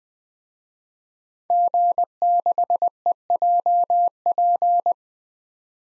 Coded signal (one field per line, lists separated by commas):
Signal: Morse code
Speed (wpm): 20 wpm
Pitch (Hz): 700 Hz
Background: none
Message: G6EJP